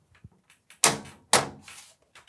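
The right side panel of a PC case is set in place and pushed so its two top clips snap into the chassis. Two loud, sharp snaps land at 0.8 s and 1.3 s, with fainter handling knocks before and after, and the panel is confirmed seated.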